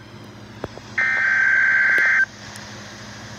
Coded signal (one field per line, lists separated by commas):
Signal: Emergency Alert System (SAME) tones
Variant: header bursts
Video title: Severe T-Storm Watch 357 | EAS #143